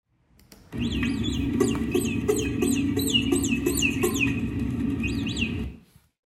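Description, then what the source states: Naked mole-rat vocalizations: dense, harsh low buzzing overlaid with repeated high chirps rising and falling, many in quick succession for about five seconds. Aggressive vocalization given when two individuals encounter one another and fight for space in the colony.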